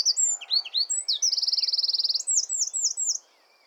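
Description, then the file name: Eurasian wren song: quick high warbled notes build into a fast, even, buzzy trill, then end in several loud descending slurred notes before stopping. "Troglodytes troglodytes"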